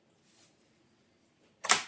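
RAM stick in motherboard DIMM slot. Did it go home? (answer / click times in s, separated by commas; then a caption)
released / 1.6 s, 1.7 s. Plastic side latches of a motherboard DIMM slot holding a RAM stick are pressed outward to release the memory. After quiet low rustling, two sharp clicks sound at 1.6 and 1.7 seconds as the latches open and the RAM is released.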